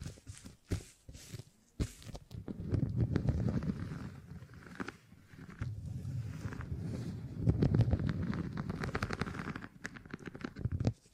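Beeswax being handled, with sharp crackles and clicks scattered through the first two seconds, then long stretches of dense, soft kneading and squishing with a low rumble underneath. Bursts of sticky crackling return near eight seconds and again at the end.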